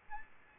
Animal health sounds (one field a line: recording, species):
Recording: mosquito wingbeat signal from an infrared sensor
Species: Aedes albopictus